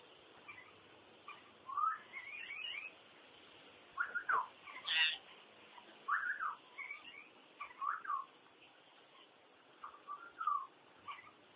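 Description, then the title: Common hill myna producing a series of clear, inflected whistles, some rising and falling in sweeps, repeated irregularly about every second or two, with one harsher note among them. "burung beo"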